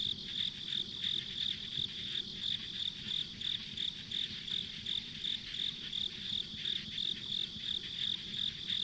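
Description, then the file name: Steady high-pitched insect chirping, pulses coming about three a second, backed by a dense unbroken insect drone. Ambient insect sounds recorded on a country road. "田舎道の虫の環境音"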